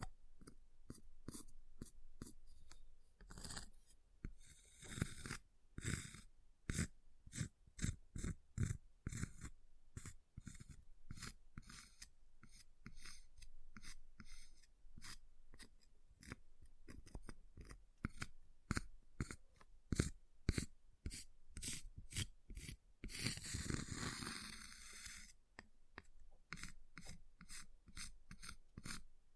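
Ice being tapped and scratched, with sharp clicks and taps coming quickly and irregularly throughout, sometimes in dense bursts. Longer rasping scrapes appear around five to six seconds and again near twenty-three to twenty-five seconds, like carving strokes.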